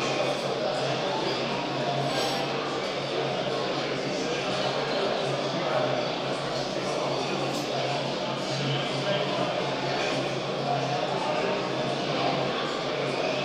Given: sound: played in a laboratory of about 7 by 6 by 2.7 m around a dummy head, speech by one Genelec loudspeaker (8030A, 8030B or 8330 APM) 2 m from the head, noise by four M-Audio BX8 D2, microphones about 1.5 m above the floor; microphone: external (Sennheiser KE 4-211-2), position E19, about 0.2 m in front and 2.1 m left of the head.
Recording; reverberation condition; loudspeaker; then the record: cafeteria noise; high; four, about 170 cm from the corners of the room and facing them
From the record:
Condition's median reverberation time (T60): about 1300 ms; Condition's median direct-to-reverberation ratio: about -4.0 dB